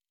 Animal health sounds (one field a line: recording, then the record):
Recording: hydrophone in a shrimp aquaculture tank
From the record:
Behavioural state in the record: normal